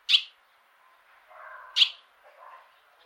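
Bird calling with two sharp, high chirps about a second and a half apart, separated by soft, lower warbling notes.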